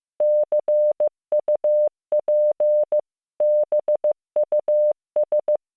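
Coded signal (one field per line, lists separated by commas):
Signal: Morse code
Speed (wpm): 15 wpm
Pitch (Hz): 600 Hz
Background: none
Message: CUP BUS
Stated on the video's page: Morse code listening practice of English words learned in first year of junior high school, generated with LearningMorse CW training software.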